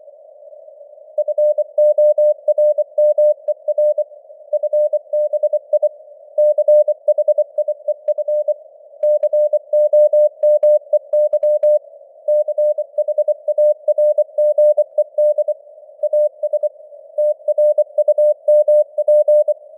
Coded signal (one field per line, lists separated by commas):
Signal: Morse code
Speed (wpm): 24 wpm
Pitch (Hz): 600 Hz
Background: none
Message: FORMER FBI CHIEF COMEY CHARGED AS TRUMP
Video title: Morse Code News | 26.09.2025 | 24wpm